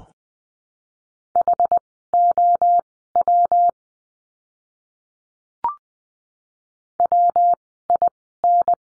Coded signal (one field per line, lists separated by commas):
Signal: Morse code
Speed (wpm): 20 wpm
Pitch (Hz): 700 Hz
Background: none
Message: HOW WIN